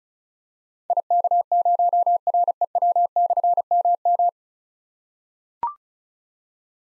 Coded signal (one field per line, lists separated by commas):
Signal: Morse code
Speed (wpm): 36 wpm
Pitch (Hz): 700 Hz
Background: none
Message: IK0REW/MM